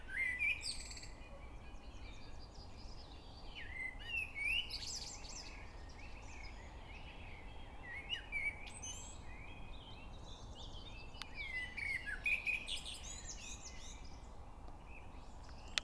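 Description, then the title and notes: Birdsong from several birds, bright whistled notes and chirpy phrases in bursts, some sharp clicks, against a constant low rumble and hiss. Evening song; Prioksky district, Nizhny Novgorod, Nizhny Novgorod Oblast, Russia. "Приокский р-н, Нижний Новгород, Нижегородская обл., Россия - birds nn. Вечернее пение"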